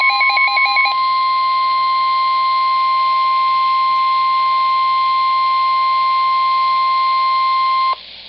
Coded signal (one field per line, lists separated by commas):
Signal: Emergency Alert System (SAME) tones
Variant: 1050 Hz attention tone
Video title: DOUBLE HEADER Severe Thunderstorm Warnings [EAS 13-14] | NOAA Weather Radio (6/12/2011)